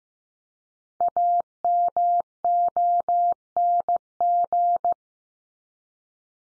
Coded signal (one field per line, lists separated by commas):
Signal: Morse code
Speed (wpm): 15 wpm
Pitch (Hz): 700 Hz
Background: none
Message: AMONG